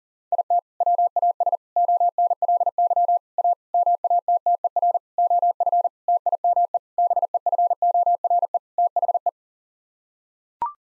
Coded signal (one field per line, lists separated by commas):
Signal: Morse code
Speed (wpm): 40 wpm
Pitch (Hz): 700 Hz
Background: none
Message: IT WAS ONLY A MATTER OF TIME BEFORE THE